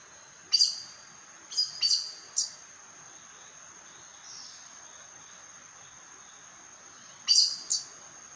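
Aracari calls: a few sharp, high squeaky notes in short pairs, a long pause, then another quick pair near the end over faint steady hiss.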